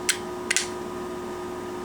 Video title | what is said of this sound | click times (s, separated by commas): Reassembly of a stripped Glock pistol (PART 1) | and then as you get to this point when I push this down you're going to hear a click | 0.5 s, 0.6 s